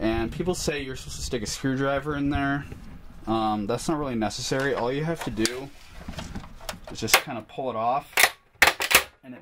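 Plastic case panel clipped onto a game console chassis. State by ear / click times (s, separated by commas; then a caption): released / 8.6 s. Someone talks while the rear plastic case panel of a game console, still held by its clip tabs, is pulled off by hand instead of pushing the tabs in with a screwdriver. A sharp plastic crack at 8.6 s marks the clips letting go, followed by a few more smaller snaps. The panel pops free, bending off without snapping or breaking.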